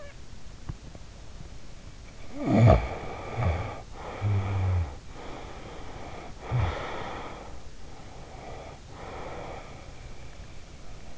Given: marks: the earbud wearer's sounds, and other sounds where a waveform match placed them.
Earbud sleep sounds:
sounds in sleep by an in-ear microphone; snoring breath, teeth grinding, breath
0.00-0.21 s: snoring breath
0.76-1.19 s: teeth grinding
2.48-4.94 s: snoring breath
5.17-7.77 s: snoring breath
7.94-11.18 s: breath

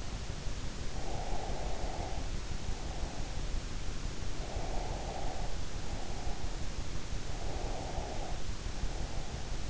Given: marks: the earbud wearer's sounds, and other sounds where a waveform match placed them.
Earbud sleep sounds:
sounds in sleep by an in-ear microphone; breath
1.10-3.34 s: breath
4.38-6.65 s: breath
7.40-9.70 s: breath

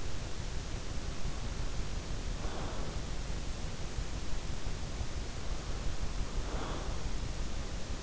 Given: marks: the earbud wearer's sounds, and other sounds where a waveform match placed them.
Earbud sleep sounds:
sounds in sleep by an in-ear microphone; breath
2.11-3.15 s: breath
6.10-7.12 s: breath

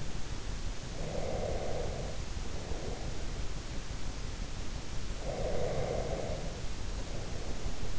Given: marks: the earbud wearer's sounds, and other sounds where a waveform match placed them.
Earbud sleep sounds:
sounds in sleep by an in-ear microphone; breath
0.95-3.45 s: breath
5.13-7.99 s: breath

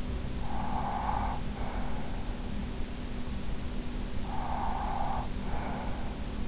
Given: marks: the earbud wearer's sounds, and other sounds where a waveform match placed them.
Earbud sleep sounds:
sounds in sleep by an in-ear microphone; breath
0.02-2.41 s: breath
3.90-6.48 s: breath

